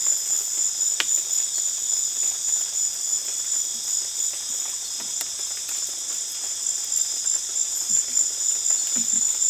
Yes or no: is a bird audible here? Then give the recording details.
no. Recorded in dense forest near Puerto Asís, Putumayo, Colombia, on 24 June 2025 at 19:00. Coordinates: 0.484, -76.325. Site H65